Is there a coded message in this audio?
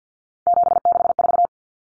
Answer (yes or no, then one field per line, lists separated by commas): yes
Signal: Morse code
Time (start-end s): 0.5-1.5 s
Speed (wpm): 50 wpm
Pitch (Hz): 700 Hz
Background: none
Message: 764